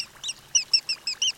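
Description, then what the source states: Western Sandpiper calls: a quick run of several short, thin, high notes, each rising then falling. Breeds in Canada and winters on the coast of Sinaloa, Mexico, where it is called el playurito occidental.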